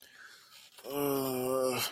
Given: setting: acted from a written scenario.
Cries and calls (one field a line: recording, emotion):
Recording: vocal sound without words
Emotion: shame